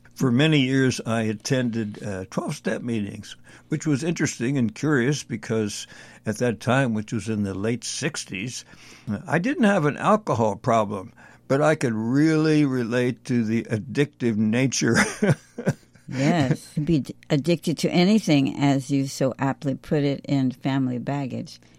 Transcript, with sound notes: For many years, I attended, uh, 12-step meetings, which was interesting and curious because at that time, which was in the late '60s, uh, I didn't have an alcohol problem, but I could really relate to the addictive nature. (laughs)
Yes. You could be addicted to anything, as you so aptly put it in Family Baggage.